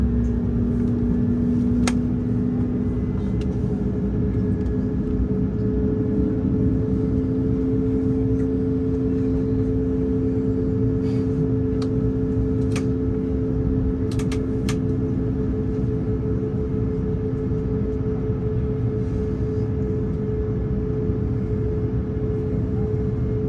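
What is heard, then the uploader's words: A steady, dense engine drone fills the cabin of an airliner in flight, heavy in the low end with a couple of held hum tones that barely change. A few faint clicks and knocks break through now and then, around the middle of the stretch. Airbus A220 London Heathrow to Düsseldorf (airBaltic).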